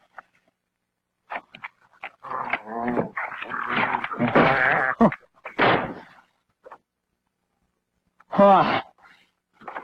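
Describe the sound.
A dog attacks, growling and snarling aggressively in rough, uneven bursts, interrupted by brief pauses, with a strained human voice crying out among the noise.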